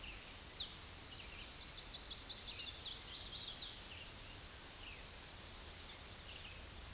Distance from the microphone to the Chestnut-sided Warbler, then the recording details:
about 40 m. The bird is about 15 m above the microphone. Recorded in a Pennsylvania forest on 16 May 2024 at 09:02. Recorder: AudioMoth, point MSD-2345. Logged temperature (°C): 15.5 °C. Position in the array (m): 173 m, 218 m